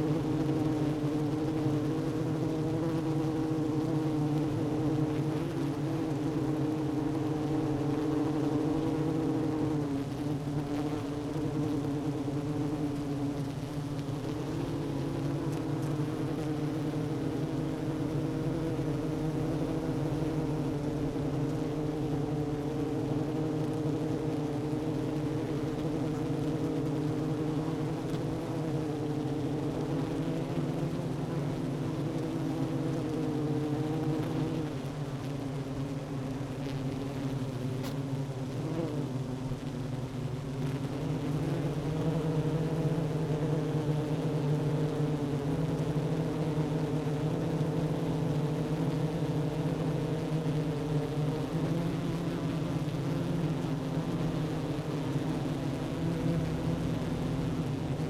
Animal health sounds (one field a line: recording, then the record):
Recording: honeybee colony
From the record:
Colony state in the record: active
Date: 12 June 2018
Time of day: 11:04